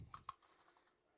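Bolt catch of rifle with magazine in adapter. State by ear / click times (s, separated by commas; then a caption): not seated / none. The action of an SKS rifle is cycled with a magazine in a TNA magwell adapter made in Canada, producing two short, sharp clicks at about 0.1 and 0.3 s followed by quiet. The magazine does not trip the bolt catch, so the bolt catch has not caught.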